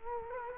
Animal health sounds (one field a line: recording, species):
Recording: mosquito wingbeat signal from an infrared sensor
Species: Culex quinquefasciatus